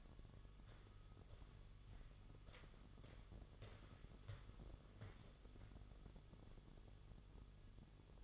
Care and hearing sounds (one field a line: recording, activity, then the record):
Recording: daily activity, microphone in the room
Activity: walk to room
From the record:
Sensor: 4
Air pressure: 1009.0 hPa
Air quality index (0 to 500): 144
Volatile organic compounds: 2 ppm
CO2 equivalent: 1042 ppm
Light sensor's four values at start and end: 15/34/13/13 and 14/32/13/12